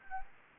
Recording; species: mosquito wingbeat signal from an infrared sensor; Anopheles gambiae